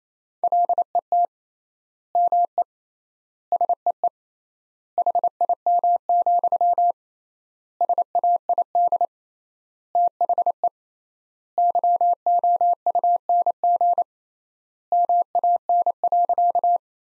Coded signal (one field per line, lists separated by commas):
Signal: Morse code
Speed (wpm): 28 wpm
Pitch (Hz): 700 Hz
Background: none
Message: LET ME SEE HIM, SAID THE YOUNG MAN.